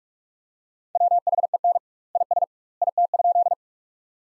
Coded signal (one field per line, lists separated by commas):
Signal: Morse code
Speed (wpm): 42 wpm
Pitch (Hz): 700 Hz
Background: none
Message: WHEN IS IT?